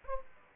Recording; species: mosquito wingbeat signal from an infrared sensor; Aedes aegypti